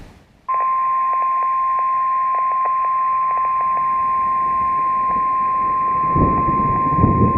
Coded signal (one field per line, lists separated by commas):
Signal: Emergency Alert System (SAME) tones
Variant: 1050 Hz attention tone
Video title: SVR 6/21/16 EAS #9